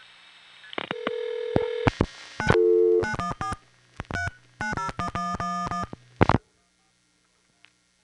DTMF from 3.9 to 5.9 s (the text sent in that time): 3 901111